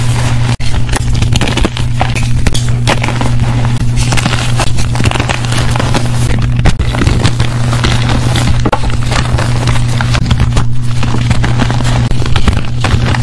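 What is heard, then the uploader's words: Packed powder is crunched and squeezed continuously, giving a dense, crackly stream of small gritty snaps with frequent sharper clicks. The texture stays busy and even throughout, with a brief gap just after the start and a steady low hum running underneath. Audio only compilation of powder crunch asmr.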